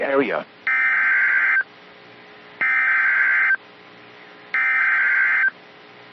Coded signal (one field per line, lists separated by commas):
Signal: Emergency Alert System (SAME) tones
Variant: header bursts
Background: speech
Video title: SECOND SEVERE WEATHER DFW... EAS Alerts From 4/27/26 (EAS#5,441 - 5,458)